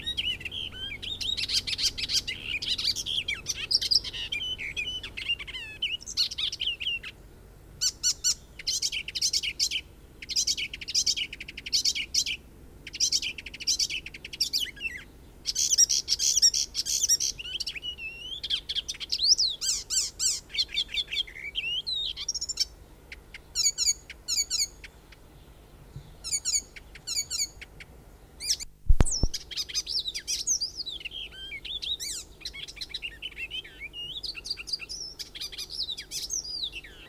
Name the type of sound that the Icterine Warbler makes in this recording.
song